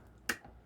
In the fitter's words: again you'll hear it click in place you may not always hear it click most of the time you should but